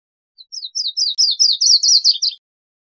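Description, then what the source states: Virginia's warbler song: a two-second run of high, sweet, slurred notes, growing louder, then dropping slightly at the end. Recorded 28 May 2001.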